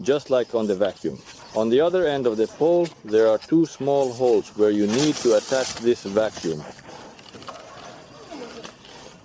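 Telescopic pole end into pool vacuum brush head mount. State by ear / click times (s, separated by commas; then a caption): not seated / none. Someone talks, then the end of a telescopic pole is slid into the brush head mount of a handheld pool vacuum and lined up, with only soft scraping and handling sounds. The pole's spring lock has not engaged, and nothing has clicked or seated yet.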